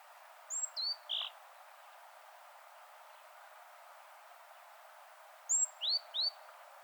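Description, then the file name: Great tit calls, two groups of three short notes several seconds apart, a thin high note then lower downslurred notes, over quiet background hiss. "Parus major"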